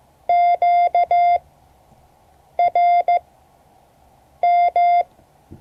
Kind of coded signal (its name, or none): Morse code